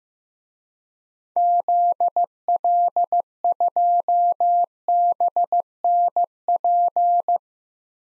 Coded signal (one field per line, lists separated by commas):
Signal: Morse code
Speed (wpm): 16 wpm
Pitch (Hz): 700 Hz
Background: none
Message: ZL2BNP